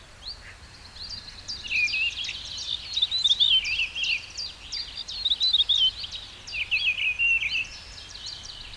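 Bird singing fast phrases of high, slurred notes and wavering trills, with background noise.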